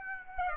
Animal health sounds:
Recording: mosquito wingbeat signal from an infrared sensor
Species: Aedes aegypti

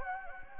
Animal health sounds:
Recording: mosquito wingbeat signal from an infrared sensor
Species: Anopheles gambiae

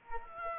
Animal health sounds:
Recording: mosquito wingbeat signal from an infrared sensor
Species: Culex quinquefasciatus

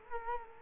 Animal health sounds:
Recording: mosquito wingbeat signal from an infrared sensor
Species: Culex quinquefasciatus

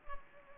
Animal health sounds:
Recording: mosquito wingbeat signal from an infrared sensor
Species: Culex pipiens

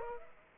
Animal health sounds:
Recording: mosquito wingbeat signal from an infrared sensor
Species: Aedes aegypti

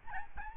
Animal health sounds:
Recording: mosquito wingbeat signal from an infrared sensor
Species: Aedes albopictus

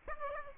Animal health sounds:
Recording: mosquito wingbeat signal from an infrared sensor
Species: Aedes aegypti

